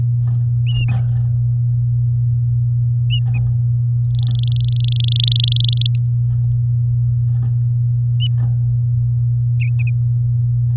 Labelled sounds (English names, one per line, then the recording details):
Domestic Canary song
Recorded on 11 May 2018 at 07:44
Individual llb16